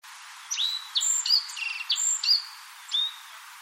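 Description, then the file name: Black-faced bunting song: a short phrase of thin, high whistled notes, some sliding down and some held level, ending with one more note after a pause. "aoji"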